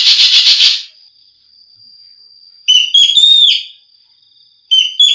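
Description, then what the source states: Javan green magpie song: a loud, harsh rasping burst, then a pause and two shrill whistled phrases with rising and falling notes, over a faint steady high whine. Song variations.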